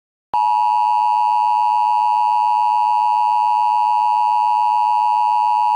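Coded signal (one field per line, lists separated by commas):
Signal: Emergency Alert System (SAME) tones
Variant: 853 and 960 Hz attention tone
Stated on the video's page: Mock EAS alert.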